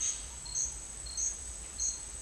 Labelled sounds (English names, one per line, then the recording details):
none
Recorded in dense forest near Puerto Asís, Putumayo, Colombia, on 22 December 2024 at 09:30
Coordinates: 0.485, -76.318
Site GP03